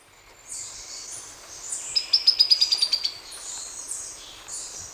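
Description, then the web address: Buff-fronted foliage-gleaner, a brief rapid string of about ten sharp notes dropping gently in pitch, over a high hiss. Ecuador. "Birds of Ecuador. Buff-fronted Foliage-gleaner"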